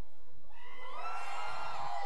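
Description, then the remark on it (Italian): A concert audience at the Ponte Rock festival in Arpino erupts into loud, sustained screaming and cheering that swells after a quiet start, with many overlapping high-pitched voices blending into a continuous roar. “Se ci siete fatemi sentire un bell'urlo. Più forte.”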